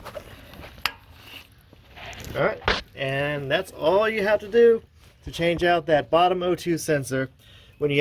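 A plastic wiring retaining clip for the bottom O2 sensor on a 2010 Honda Accord, replaced for code P0430, is pressed into its mounting hole on the body or bracket mount. A loud, sharp snap at 0.9 s shows the harness clip seating in the bracket. Someone then talks.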